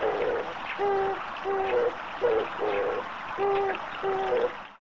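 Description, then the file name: Oriental turtle dove cooing, low hollow notes repeated in short rhythmic pairs and phrases over steady background rushing noise. "kijibato"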